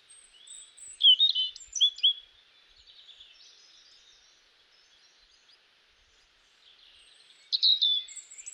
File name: Erithacus rubecula